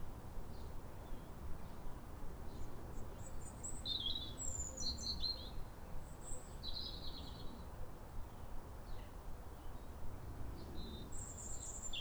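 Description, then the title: European robin singing in scattered high, thin, wistful phrases with short warbles and pauses, set against a constant low rumble. Pair of robins in neighbouring gardens singing to each other at a clear, calm sunrise on New Year, in winter after weeks of rain. "Sound Escape 150: Be uplifted by a chorus of New Year's robins"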